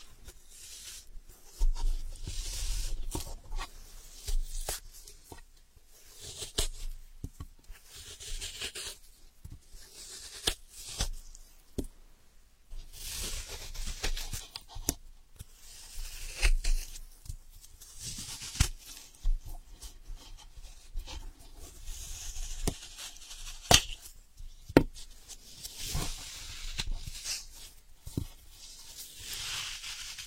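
Ear picking: irregular scratchy rustles and sharp crackling clicks come in dense bursts with brief quiet gaps throughout.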